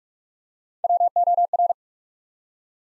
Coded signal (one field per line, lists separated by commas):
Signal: Morse code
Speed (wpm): 44 wpm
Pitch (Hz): 700 Hz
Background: none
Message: WOR